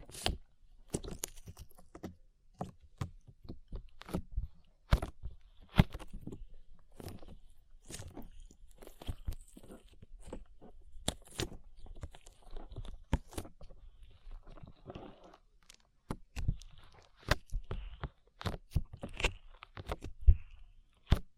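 Slime being squished and stretched, with a fast, irregular stream of sharp sticky pops and crackles that arrive several times a second. The snaps are bright and crisp, separated by brief quiet gaps, and the pace stays busy throughout without any steady background sound.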